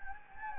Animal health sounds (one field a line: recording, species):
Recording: mosquito wingbeat signal from an infrared sensor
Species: Anopheles gambiae